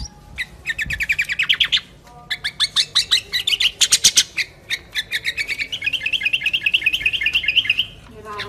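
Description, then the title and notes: Sooty-headed bulbul song made of fast rattling trills of repeated notes, one series after another. Recording meant as masteran, a tutor recording for training other songbirds. "suara burung kutilang buat masteran"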